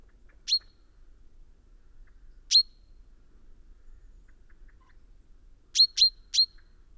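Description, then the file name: Common chaffinch calls: sharp, bright single 'pink' notes spaced a couple of seconds apart, then a quick run of three near the end, over a quiet background. "Fringilla coelebs"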